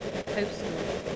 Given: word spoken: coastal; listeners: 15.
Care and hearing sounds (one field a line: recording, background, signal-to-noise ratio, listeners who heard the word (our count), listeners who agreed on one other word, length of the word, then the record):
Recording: one English word in noise, from a listening test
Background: noise modulated by three-talker babble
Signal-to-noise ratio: -3.2 dB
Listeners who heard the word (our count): 1 of 15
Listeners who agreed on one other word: 10 of 15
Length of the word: 0.76 s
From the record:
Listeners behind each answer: 10, 1, 1, 1, 1, 1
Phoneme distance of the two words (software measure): 10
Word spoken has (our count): 2 syllables, 6 phonemes, stress on syllable 1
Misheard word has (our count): 2 syllables, 6 phonemes, stress on syllable 1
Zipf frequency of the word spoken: 4.02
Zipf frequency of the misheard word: 3.61